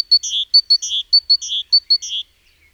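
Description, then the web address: Great tit giving a quick repeated pattern: two sharp high notes, then a rasping buzzy note, cycling four times before ending. "SETE Parus major"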